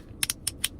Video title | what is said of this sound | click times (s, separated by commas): 2020 Audi A4 How to replace remote key fob battery | slap it back in there it clicks all together and we're all done | 0.5 s